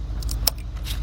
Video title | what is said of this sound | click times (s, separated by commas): Jeep Commander Cherokee Dodge Pickup Durango Dakota Chrysler Aspen Valve Cover Gaskets Replacement | and it'll snap right into place | 0.5 s